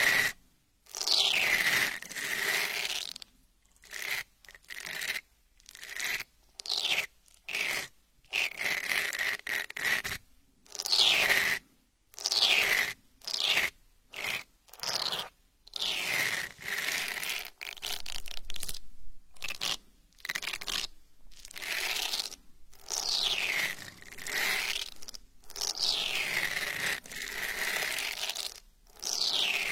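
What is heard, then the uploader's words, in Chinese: An eyelash brush strokes across the ears in repeated bursts, each crisp, scratchy pass lasting a second or two with short silent gaps between. The strokes are bright and hissy, some sweeping up or down in pitch, and keep a fairly regular rhythm throughout. 睫毛刷，刷刷你的小耳朵。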